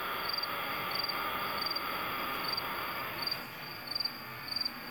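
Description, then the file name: New Forest cicada song: short, high, buzzy pulse bursts repeated at short intervals, over a steady broad background hiss. "montana"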